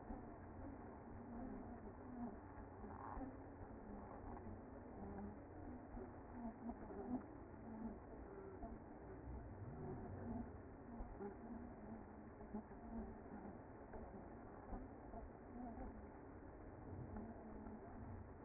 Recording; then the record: honeybee colony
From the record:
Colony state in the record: active